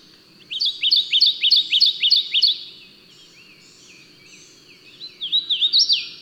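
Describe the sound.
Bird song opening with a rapid series of several repeated sharp chirps, a pause, then a looping whistled phrase that sweeps downward at the end.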